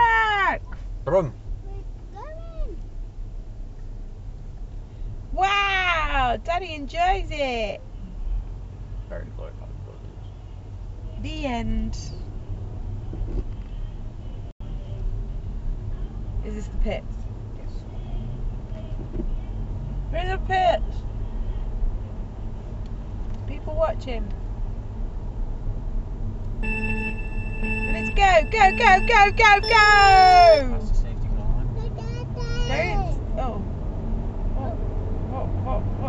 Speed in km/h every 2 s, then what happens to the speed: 6, 6, 10, 8, 10, 13, 16, 21, 27, 32, 35, 35, 37, 37, 39, 44, 55, 66.
0-9 steady at about 8. 9-19 speeds up to 35. 19-29 steady at about 37. 29-36 speeds up to 66.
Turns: 7-14.